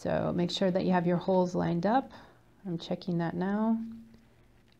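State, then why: Seated. A plastic push rivet is pushed up from the bottom through the lined-up mounting holes of a Seeed Studio RePhone Kit Create's enclosure plates while someone talks. After the talking fades, a small, sharp click at 4.7 s signals that the rivet has seated.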